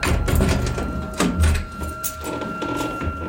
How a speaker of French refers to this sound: Le serrurier à l'œuvre, la porte s'ouvre.